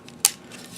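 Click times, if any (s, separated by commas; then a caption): 0.2 s. During transformation of a plastic Transformers Generations Voyager Class Blitzwing action figure, a plastic tab is lined up with a slot in a set of tabs and pressed in. A faint tick comes first, then one sharp, loud click at 0.3 s as the tab clicks into place and seats.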